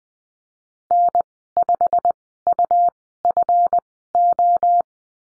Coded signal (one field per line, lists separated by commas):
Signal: Morse code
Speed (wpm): 20 wpm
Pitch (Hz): 700 Hz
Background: none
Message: N5UFO